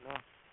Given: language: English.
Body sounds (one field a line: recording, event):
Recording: throat vibration sensor signal played as sound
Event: speech